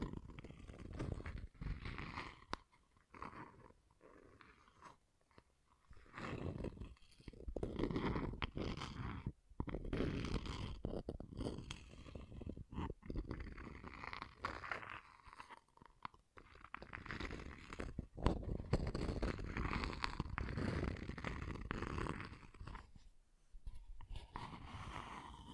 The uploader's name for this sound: Scratching & Tracing